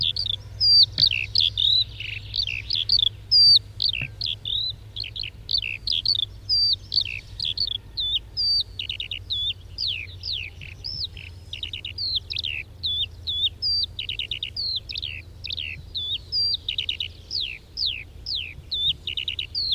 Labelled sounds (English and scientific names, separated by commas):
Eurasian Skylark (Alauda arvensis) flight song